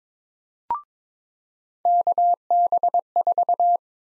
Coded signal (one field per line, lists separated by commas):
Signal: Morse code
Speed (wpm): 22 wpm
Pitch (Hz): 700 Hz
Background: none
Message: KB4